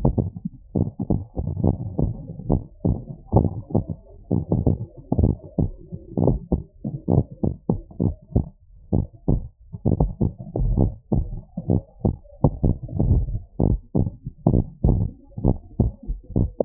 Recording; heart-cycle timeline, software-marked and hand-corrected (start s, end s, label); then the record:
heart sounds
0.00	0.18	systole
0.18	0.29	S2
0.29	0.74	diastole
0.74	0.87	S1
0.87	1.08	systole
1.08	1.18	S2
1.18	1.62	diastole
1.62	1.74	S1
1.74	1.98	systole
1.98	2.10	S2
2.10	2.49	diastole
2.49	2.59	S1
2.59	2.86	systole
2.86	2.97	S2
2.97	3.31	diastole
3.31	3.46	S1
3.46	3.70	systole
3.70	3.81	S2
3.81	4.28	diastole
4.28	4.39	S1
4.39	4.64	systole
4.64	4.75	S2
4.75	5.17	diastole
5.17	5.32	S1
5.32	5.57	systole
5.57	5.68	S2
5.68	6.16	diastole
6.16	6.30	S1
6.30	6.50	systole
6.50	6.61	S2
6.61	7.07	diastole
7.07	7.21	S1
7.21	7.42	systole
7.42	7.54	S2
7.54	8.00	diastole
8.00	8.12	S1
8.12	8.34	systole
8.34	8.42	S2
8.42	8.93	diastole
8.93	9.02	S1
9.02	9.27	systole
9.27	9.39	S2
9.39	9.85	diastole
9.85	9.94	S1
9.94	10.18	systole
10.18	10.28	S2
10.28	10.76	diastole
10.76	10.88	S1
10.88	11.09	systole
11.09	11.22	S2
11.22	11.65	diastole
11.65	11.78	S1
11.78	12.04	systole
12.04	12.15	S2
12.15	12.63	diastole
12.63	12.74	S1
12.74	12.98	systole
12.98	13.13	S2
13.13	13.60	diastole
13.60	13.73	S1
13.73	13.95	systole
13.95	14.05	S2
14.05	14.46	diastole
14.46	14.58	S1
14.58	14.85	systole
14.85	14.99	S2
14.99	15.38	diastole
15.38	15.52	S1
15.52	15.78	systole
15.78	15.89	S2
15.89	16.34	diastole
16.34	16.46	S1
16.46	16.65	systole
From the record:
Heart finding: normal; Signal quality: good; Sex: male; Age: 66 years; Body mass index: 20.1